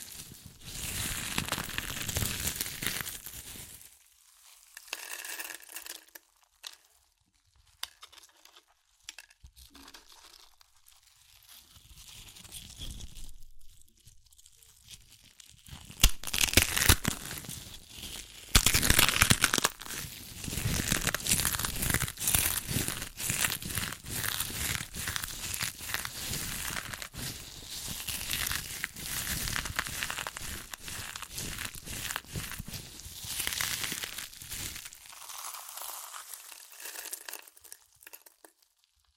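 Crunchy chips being crushed and eaten, with dense crackling and crinkling bursts throughout. Quieter stretches near the start and around 6 to 15 seconds give way to a louder, busier run of sharp crunches from about 16 seconds to the end.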